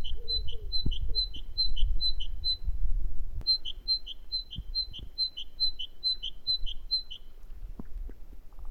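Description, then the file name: Great tit song with two runs of quick two-note phrases, a short break between them, and faint low chirps early on. "Parus major"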